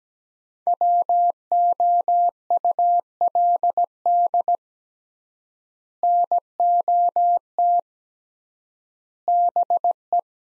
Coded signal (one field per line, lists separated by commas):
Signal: Morse code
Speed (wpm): 17 wpm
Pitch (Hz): 700 Hz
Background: none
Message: WOULD NOT BE